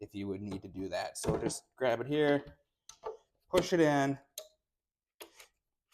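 A lettered wheel fork tube on a Vocic rollator walker with seat support is grabbed and pushed into the matching aluminum frame socket on the rollator frame leg while someone talks. Short handling clicks and taps are heard between the talk, but the part has not yet gone home and the spring pin has not popped into its hole.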